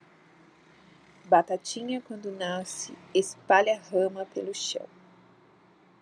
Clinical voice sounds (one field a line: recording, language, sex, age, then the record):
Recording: short text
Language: Brazilian Portuguese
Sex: female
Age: 40 to 49 years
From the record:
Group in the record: control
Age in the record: 42 years